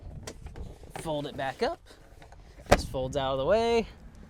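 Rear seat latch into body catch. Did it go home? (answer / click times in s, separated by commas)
no / none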